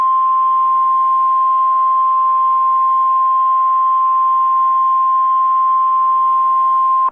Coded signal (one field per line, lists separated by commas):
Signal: Emergency Alert System (SAME) tones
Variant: 1050 Hz attention tone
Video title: EAS on Sling TV